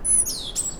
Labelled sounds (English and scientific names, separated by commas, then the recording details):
Stitchbird (Notiomystis cincta) song
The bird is a male
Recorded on Tiritiri Matangi Island, New Zealand, in 2005
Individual 1, of nest box 1